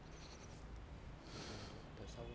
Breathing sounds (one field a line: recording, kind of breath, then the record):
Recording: one breath in and out by a microphone near the nose and mouth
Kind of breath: deep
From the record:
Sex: male